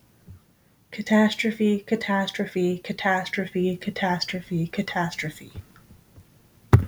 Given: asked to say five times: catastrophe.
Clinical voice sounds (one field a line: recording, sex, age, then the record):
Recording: repeated word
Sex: male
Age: 20 to 29 years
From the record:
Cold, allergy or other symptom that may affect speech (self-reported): no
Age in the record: 28 years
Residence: New York, United States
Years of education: 16